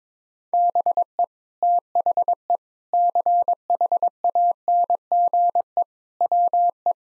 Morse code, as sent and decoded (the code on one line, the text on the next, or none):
-... . / - .... . / -.-. .... .- -. --. . / .-- .
BE THE CHANGE WE